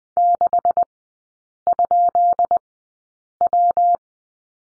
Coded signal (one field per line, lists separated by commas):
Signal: Morse code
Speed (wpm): 20 wpm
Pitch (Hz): 700 Hz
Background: none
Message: 6?W